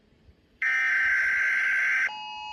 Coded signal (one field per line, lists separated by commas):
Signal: Emergency Alert System (SAME) tones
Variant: header bursts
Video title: Ranking EAS alarms PT 11￼